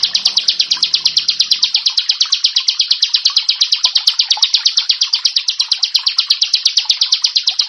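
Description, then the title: Prinia song: a long, steady run of rapid, sharp, buzzy high notes repeated evenly without pause. "Ciblek Sawah 1"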